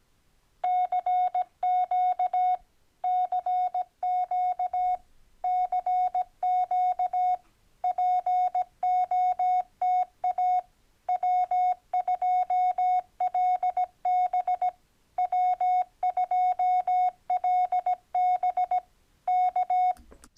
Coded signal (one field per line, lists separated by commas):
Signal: Morse code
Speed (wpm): 17 wpm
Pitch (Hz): 730 Hz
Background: none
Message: CQ CQ CQ POTA W2LB W2LB K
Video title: Episode 7:Fast, Fun & Easy CW QSOs: Making Your First POTA Contact